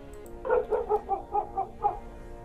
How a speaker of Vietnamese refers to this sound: Nửa đêm, sự yên tĩnh đến đáng sợ, lúc này vang lên tiếng chó sủa. Tiếng chó sủa rất dữ dội, nghe mà sốt cả ruột.